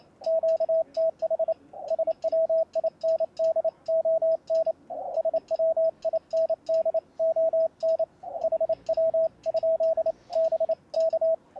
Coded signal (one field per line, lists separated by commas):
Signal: Morse code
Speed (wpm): 28 wpm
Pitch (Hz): 650 Hz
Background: radio noise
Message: QTH SWINDON SWINDON HW? B K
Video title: Testing a home Brew Elevated Vertical Antenna on the air using CW, other antennas here. The Shack